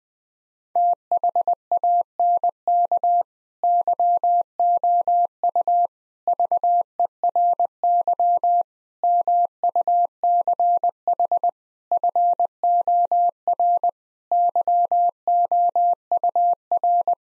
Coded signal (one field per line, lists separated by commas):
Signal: Morse code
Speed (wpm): 20 wpm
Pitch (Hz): 700 Hz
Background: none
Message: THANK YOU VERY MUCH FOR YOUR